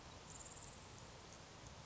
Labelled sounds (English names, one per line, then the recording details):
Grasshopper Sparrow
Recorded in Sonoma County, California